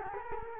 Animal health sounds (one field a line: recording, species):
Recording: mosquito wingbeat signal from an infrared sensor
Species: Culex quinquefasciatus